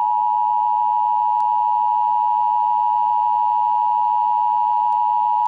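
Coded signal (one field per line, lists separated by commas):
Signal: Emergency Alert System (SAME) tones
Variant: 853 and 960 Hz attention tone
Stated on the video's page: Fake EAS alert for a real hurricane, made with web-generated alert tones and Speakonia text-to-speech.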